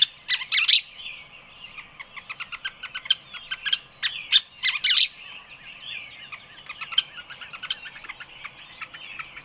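Bird chirps and squawks: loud harsh bursts near the start and around the middle, amid a busy stream of rapid high twittering notes.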